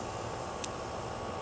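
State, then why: Seated. A CASExx Cheetah pocketknife, custom-converted into an automatic switchblade, is fired open and its blade swings out of the handle. Against steady broadband background noise, the blade lock engages with a single short, sharp click at 0.7 s. The blade locks open in place.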